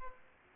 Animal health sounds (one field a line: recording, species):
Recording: mosquito wingbeat signal from an infrared sensor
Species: Culex pipiens